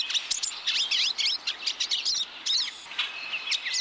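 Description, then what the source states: Pine siskin chatter, many overlapping high twitters and quick up-and-down chirps running on without pause. Hungry birds chattering at a thistle feeder.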